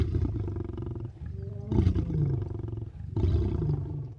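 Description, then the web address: Lion snoring: three heavy, rumbling breaths about a second and a half apart, each one coarse and low-pitched. "Animals Lions Snoring"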